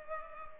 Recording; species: mosquito wingbeat signal from an infrared sensor; Culex pipiens